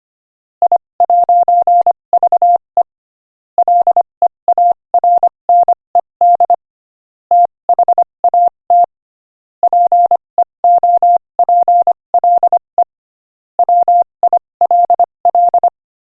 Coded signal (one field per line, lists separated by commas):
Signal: Morse code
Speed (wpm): 26 wpm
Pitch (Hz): 700 Hz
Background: none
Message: I'VE LEARNED THAT PEOPLE WILL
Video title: Morse Code Practice: 25 wpm Inspirational Quote 22